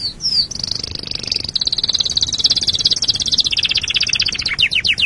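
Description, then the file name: Canary song of very fast high trills that slide gradually lower and break into separate descending chirps at the end. "canarysong omkicau"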